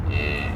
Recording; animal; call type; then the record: contact call of a hoofed animal; cattle; low-frequency (closed-mouth) or high-frequency (open-mouth) call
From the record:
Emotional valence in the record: negative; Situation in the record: full separation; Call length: 0.56 s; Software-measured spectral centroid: 1850 Hz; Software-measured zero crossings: 1840 a second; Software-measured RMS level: -24 dBFS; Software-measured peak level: -12 dBFS